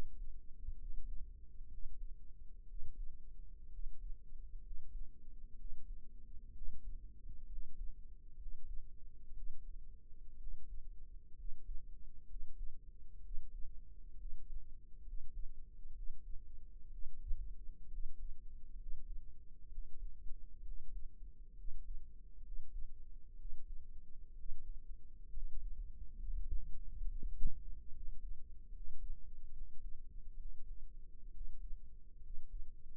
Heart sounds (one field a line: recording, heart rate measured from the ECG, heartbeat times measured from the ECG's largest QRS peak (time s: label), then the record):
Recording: heart sounds by microphone in the right ear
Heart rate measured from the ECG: 65 bpm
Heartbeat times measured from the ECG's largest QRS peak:
0.76 s: heartbeat
1.68 s: heartbeat
2.66 s: heartbeat
3.69 s: heartbeat
4.61 s: heartbeat
5.55 s: heartbeat
6.52 s: heartbeat
7.47 s: heartbeat
8.36 s: heartbeat
9.33 s: heartbeat
10.37 s: heartbeat
11.35 s: heartbeat
12.26 s: heartbeat
13.21 s: heartbeat
14.16 s: heartbeat
15.03 s: heartbeat
15.93 s: heartbeat
16.89 s: heartbeat
17.88 s: heartbeat
18.76 s: heartbeat
19.68 s: heartbeat
20.62 s: heartbeat
21.54 s: heartbeat
22.41 s: heartbeat
23.36 s: heartbeat
24.34 s: heartbeat
25.30 s: heartbeat
26.15 s: heartbeat
27.04 s: heartbeat
27.91 s: heartbeat
28.70 s: heartbeat
29.52 s: heartbeat
30.36 s: heartbeat
31.31 s: heartbeat
32.20 s: heartbeat
From the record:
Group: healthy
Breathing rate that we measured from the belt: 17 breaths a minute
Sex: male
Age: 22 years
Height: 181 cm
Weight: 79 kg